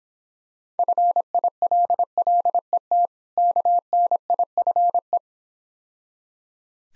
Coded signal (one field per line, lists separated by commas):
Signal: Morse code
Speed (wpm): 26 wpm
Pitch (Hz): 700 Hz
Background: none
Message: FILLET KNIFE